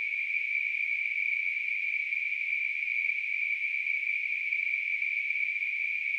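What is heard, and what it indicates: A steady, unbroken high-pitched hiss, a narrow band of noise around 2 to 3 kHz, holds at a constant level with no pauses or pulsing. It is a simulation of tinnitus, a noise-like ringing or hissing heard in the ears.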